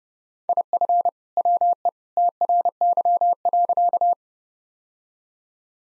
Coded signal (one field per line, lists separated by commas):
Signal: Morse code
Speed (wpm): 30 wpm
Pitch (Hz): 700 Hz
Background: none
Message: IF WE TRY.